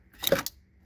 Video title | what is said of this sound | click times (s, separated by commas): Pulsar LT Install and Review on the GMC Sierra 1500 AT4 | All right, that's clicked in. | 0.3 s